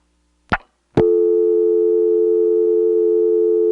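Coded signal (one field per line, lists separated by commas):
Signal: telephone call progress tone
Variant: North America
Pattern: dial tone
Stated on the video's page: Call progress tone from a senderized XY step-by-step switching office, program 1.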